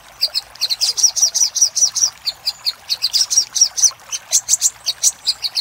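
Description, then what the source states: Little spiderhunter singing: quick high-pitched chattering notes in short rhythmic runs, briefly slowing midway before picking up again. Master recording for training cage birds, titled Sogok Ontong Labaik.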